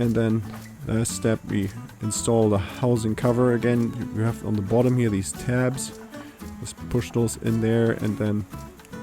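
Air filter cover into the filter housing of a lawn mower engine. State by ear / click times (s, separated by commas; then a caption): not seated / none. The plastic air filter housing cover is being fitted back onto the air filter housing of a Honda GCV 160 lawn mower engine, with its bottom tabs pushed into place, while someone talks over background music. Nothing has seated or clicked yet; the top of the cover has not been pressed shut.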